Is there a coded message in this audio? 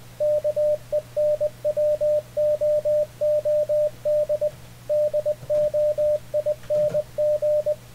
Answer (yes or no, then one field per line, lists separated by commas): yes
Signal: Morse code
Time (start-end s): 0.2-7.7 s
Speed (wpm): 20 wpm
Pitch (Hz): 600 Hz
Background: radio noise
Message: KENWOOD DOING